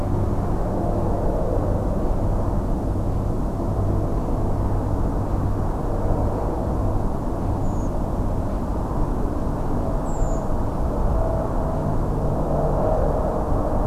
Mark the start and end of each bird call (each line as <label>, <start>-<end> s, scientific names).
Turdus iliacus, 7.62-7.89 s
Turdus iliacus, 10.04-10.42 s